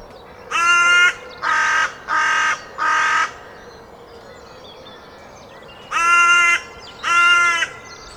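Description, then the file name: Carrion crow calling with four harsh caws in quick succession, a long pause, then two more loud caws. "Corvus corone"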